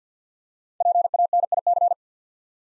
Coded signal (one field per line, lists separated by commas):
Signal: Morse code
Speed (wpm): 48 wpm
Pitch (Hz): 700 Hz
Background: none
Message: PANIC